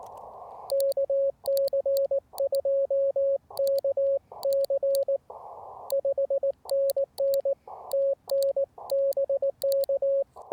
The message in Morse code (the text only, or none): KC2KC 5NN TN BK